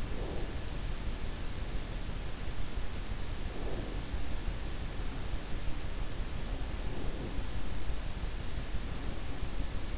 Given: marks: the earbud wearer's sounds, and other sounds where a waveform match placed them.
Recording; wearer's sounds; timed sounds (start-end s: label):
sounds in sleep by an in-ear microphone; breath
0.00-0.51 s: breath
3.55-4.10 s: breath
6.84-7.26 s: breath